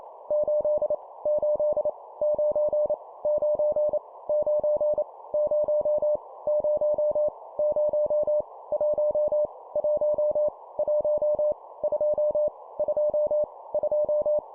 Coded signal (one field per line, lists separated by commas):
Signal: Morse code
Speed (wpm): 28 wpm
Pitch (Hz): 600 Hz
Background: none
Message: 8 8 9 9 9 0 0 0 1 1 1 2 2 2